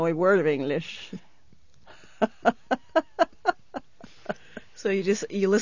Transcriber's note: she laughs